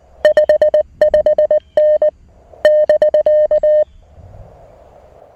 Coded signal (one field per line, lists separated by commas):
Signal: Morse code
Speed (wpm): 19 wpm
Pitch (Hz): 590 Hz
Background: none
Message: 55N <BK>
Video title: A Quick QRP POTA Activation with the Mountain Topper MTR-4B V2!